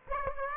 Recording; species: mosquito wingbeat signal from an infrared sensor; Aedes aegypti